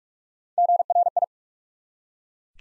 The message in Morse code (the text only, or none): GRI